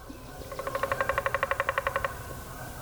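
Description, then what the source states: Downy Woodpecker drumming, a single even roll of many rapid taps over low background noise. Recorded example played on a radio programme.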